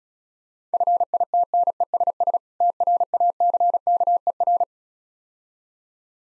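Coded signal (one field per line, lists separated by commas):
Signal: Morse code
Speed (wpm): 36 wpm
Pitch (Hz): 700 Hz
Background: none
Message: FITNESS TRACKER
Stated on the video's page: Morse practice set for speed-racing difficult words at 28 wpm, with contextual hints.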